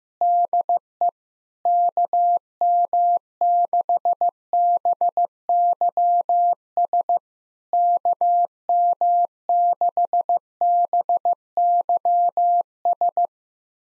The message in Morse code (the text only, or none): DE KM6BYS KM6BYS